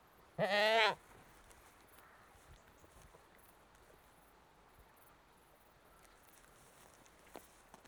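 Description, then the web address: Goat bleating: a single wavering, nasal bleat lasting about half a second near the start, followed by near silence with a few faint soft knocks. One British Saanen goat, bleating. "BBC Sound Effects Library. One British Saanen Goat Bleating"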